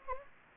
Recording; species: mosquito wingbeat signal from an infrared sensor; Anopheles gambiae